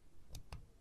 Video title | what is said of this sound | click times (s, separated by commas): German Deutsches Sportmodell 22 Trainer Rifles - Preparing for War | I don't know if you heard that, but sort of clicks into place there at the very end, and that's pretty much it. | 0.3 s, 0.5 s